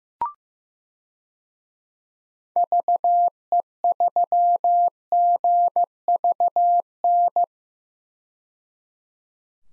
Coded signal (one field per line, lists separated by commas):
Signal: Morse code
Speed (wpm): 15 wpm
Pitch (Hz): 700 Hz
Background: none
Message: VE3GVN